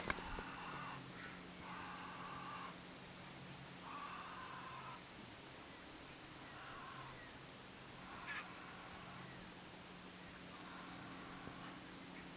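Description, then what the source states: Grey heron harsh calls, rasping bursts about a second long repeated several times with gaps, over a faint steady hum. 17 June 2017.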